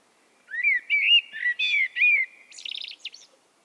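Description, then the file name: Common blackbird song: one low, fluty warbled phrase of several mellow notes, followed by a brief, high, squeaky twittering flourish, then silence. "Turdus merula"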